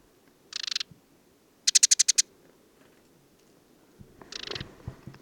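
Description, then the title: Desert sparrow producing two brief rattling trills, then one more trill amid rustling noise. Male perched atop an acacia, Oasis de Mayateg, Mauritania, 22 February 2019, no wind; song of twitters, trills and inventions recalling Common Linnet; parabolic dish, MixPre-3 recorder. "Le Moineau blanc du désert - Mauritanie"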